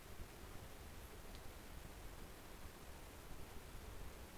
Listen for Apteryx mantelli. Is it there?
no